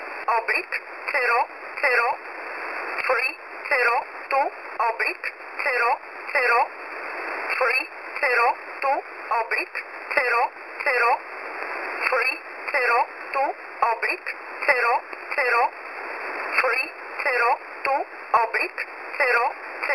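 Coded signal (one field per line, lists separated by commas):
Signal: numbers station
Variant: E11 Oblique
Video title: E11 Oblique 11/07/2023 1000 UTC 12153kHz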